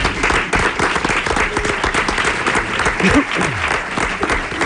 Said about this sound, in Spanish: Bueno, yo es que lo valoro muchísimo que esté todo el público aquí un sábado desde las 12 de la noche. Un aplauso para ellos, yo creo